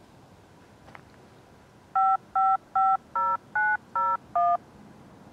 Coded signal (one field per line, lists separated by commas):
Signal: DTMF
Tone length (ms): 220 ms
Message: 5550901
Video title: Federal Signal Model 2: Pager/Siren Test, Attack, Gordon Heights, NY 1/26/2019